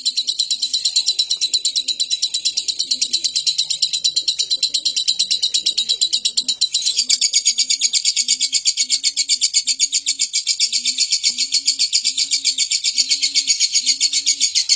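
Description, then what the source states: Lovebird chattering nonstop in a fast, high, buzzy pulsed stream that never pauses, while faint low cooing notes repeat steadily underneath over the second half. Lovebird giving a long ngekek chattering song.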